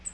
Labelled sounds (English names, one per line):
Cape May Warbler flight call